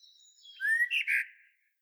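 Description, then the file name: Common blackbird giving a brief rising whistle that runs into two squeaky, scratchy notes, after a thin high note at the start. "Turdus merula"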